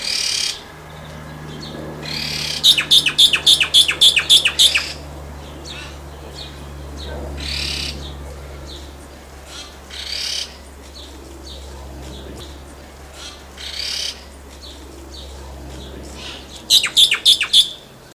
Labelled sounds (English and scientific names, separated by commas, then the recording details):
Black-winged Starling (Acridotheres melanopterus) song
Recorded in captivity
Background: Garrulax milnei
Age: adult
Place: Zoo Berlin, Berlin, DE
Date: 1999-07-28 16:58
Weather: fair, 24-26°C
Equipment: Sony WM-D6C, Sennheiser ME 80, Kopie Uher 4000 Report Monitor
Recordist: Tembrock, Günter
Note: 5:50 - 8:35 min)